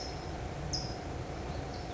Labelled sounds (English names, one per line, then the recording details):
California Towhee
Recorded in Sonoma County, California